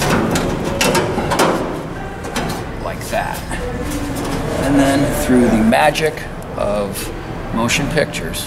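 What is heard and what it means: A cut sheet-steel repair panel for a car body shell is pressed into its opening, and it pops right into place with a sharp metallic pop at 0.8 s. The panel is cut just past the transition and small bend, and it is shaped from metal so that no filler is needed. Someone talks throughout, and a second, quieter knock comes at 2.4 s.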